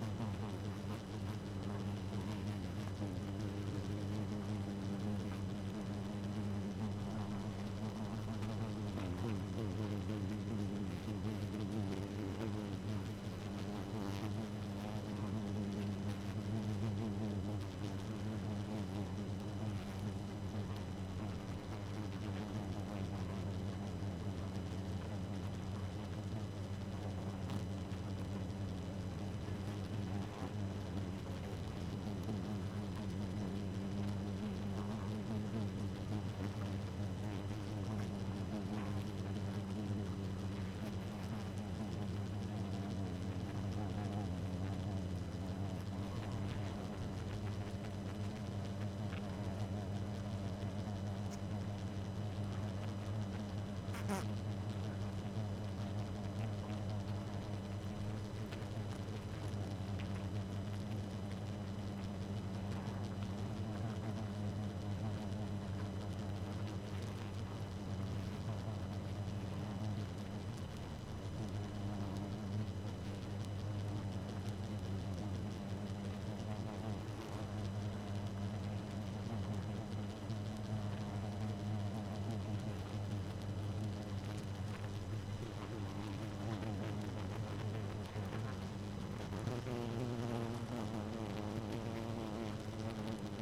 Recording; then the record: honeybee colony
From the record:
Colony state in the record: active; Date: 12 June 2018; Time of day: 2:20